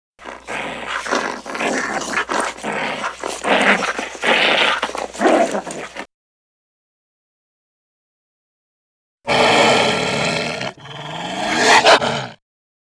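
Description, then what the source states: Dog growling in rough, rumbling bursts for several seconds, then a pause, followed by two harsh, loud snarls. Dog playing, growling with a snarl.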